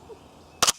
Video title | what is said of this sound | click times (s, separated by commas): Loading HK Style weapons | inserting a live magazine it clicks right in | 0.6 s